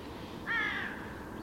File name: Corvus corone